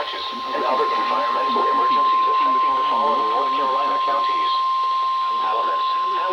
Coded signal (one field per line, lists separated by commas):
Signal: Emergency Alert System (SAME) tones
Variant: 1050 Hz attention tone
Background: speech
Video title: Required Weekly Test on WXL58, WNG706 and WRKV HD1-3 (EAS #443-447)